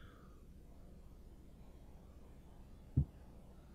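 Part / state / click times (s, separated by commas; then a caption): RJ45 connector into crimping tool die slot / seated / 3.0 s. An RJ45 modular Ethernet connector on the end of a cable is pushed into the top right die slot of an FD 500R crimping tool against a low, steady background hum. A single short click at 3.0 s marks the connector seating in the slot.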